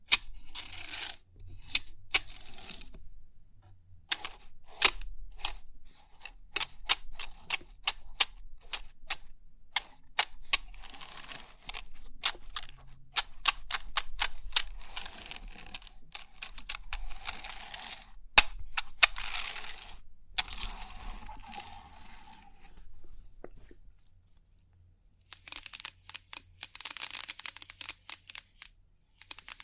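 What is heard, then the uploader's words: Crisp pin art tingles: dense bursts of tiny bright clicks and taps, pausing briefly near 4 and 24 seconds, over a faint low hum. Crisp 3D Pin Art Tingles(No Talking).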